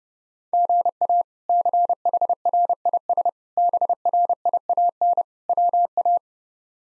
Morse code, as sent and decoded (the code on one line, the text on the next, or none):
--. .- / -.-. .... .-. .. ... / -... .-. .. .- -. / .-- .-
GA CHRIS BRIAN WA